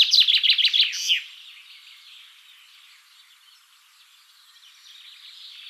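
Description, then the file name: Common chaffinch song: one fast, bright descending run of notes ending in a short flourish within the first 1.2 seconds, then only faint quiet twittering. "Fringilla coelebs"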